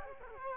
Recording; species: mosquito wingbeat signal from an infrared sensor; Culex quinquefasciatus